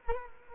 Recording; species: mosquito wingbeat signal from an infrared sensor; Culex quinquefasciatus